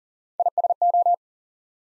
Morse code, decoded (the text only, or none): ISO